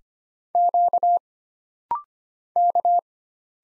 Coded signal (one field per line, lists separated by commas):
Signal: Morse code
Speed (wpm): 25 wpm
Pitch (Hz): 700 Hz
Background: none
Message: Q K